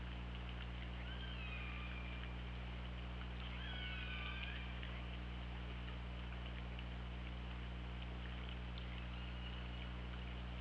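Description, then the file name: Orca calls, two bursts of squealing, bending tonal calls with harmonics, then fainter calls, above a steady low hum and clicks. Recorded by OrcaLab hydrophone on 24 August 2017 around 08:02. "Orca Lab UTLN JASON 20170824 080228"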